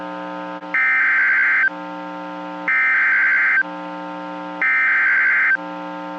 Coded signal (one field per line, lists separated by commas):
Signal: Emergency Alert System (SAME) tones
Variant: header bursts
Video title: EAS 1126-1129 (10/27/21)